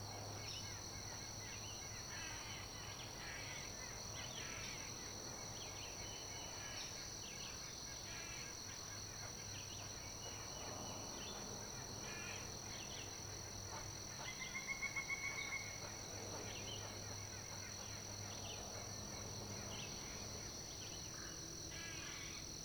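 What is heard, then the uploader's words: Outdoor ambience recorded from atop a fallen tree, dominated by a steady, high-pitched insect drone throughout. A low, constant hum sits underneath, and scattered faint chirps appear, with a brief, slightly louder run of calls around the fifteen-second mark. Recording from the top of a fallen tree.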